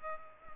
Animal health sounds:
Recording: mosquito wingbeat signal from an infrared sensor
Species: Culex pipiens

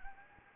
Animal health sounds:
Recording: mosquito wingbeat signal from an infrared sensor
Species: Anopheles arabiensis

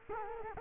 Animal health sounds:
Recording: mosquito wingbeat signal from an infrared sensor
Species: Culex quinquefasciatus

